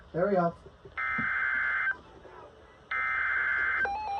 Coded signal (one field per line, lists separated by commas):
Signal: Emergency Alert System (SAME) tones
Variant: header bursts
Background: speech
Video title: WEEKEND SEVERITY CHAOS... (EAS ALERTS 6120-6186 FROM 08/29-31/24)